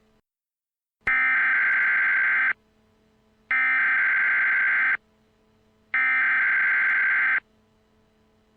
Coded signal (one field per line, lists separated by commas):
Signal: Emergency Alert System (SAME) tones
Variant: header bursts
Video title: EAS Scenario: WW3 Part 2: Escalation